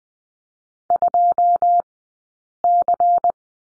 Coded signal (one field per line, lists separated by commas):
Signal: Morse code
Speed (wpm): 20 wpm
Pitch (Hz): 700 Hz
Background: none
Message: 2C